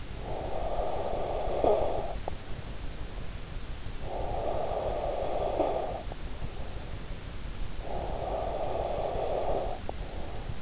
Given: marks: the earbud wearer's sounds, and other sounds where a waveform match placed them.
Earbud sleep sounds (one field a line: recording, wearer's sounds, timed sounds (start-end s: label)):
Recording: sounds in sleep by an in-ear microphone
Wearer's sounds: snoring breath, breath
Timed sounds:
0.00-2.83 s: snoring breath
3.83-6.34 s: breath
7.66-10.62 s: breath